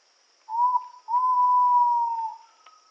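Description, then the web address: Ivory-breasted pitta giving one short whistle and then a sustained, smooth whistle, followed by a faint note, over steady insect hum. Indonesia. "ULM-DS-Lab indonesian-bird-sounds. Pitta maxima"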